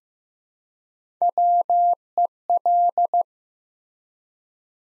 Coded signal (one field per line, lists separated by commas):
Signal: Morse code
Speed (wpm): 15 wpm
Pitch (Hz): 700 Hz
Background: none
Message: WEL